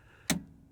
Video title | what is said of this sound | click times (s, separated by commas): 2004-2009 Nissan Altima Vent Valve Replacement Vent Solenoid How To DIY | there we go slips in twist it till it locks | 0.3 s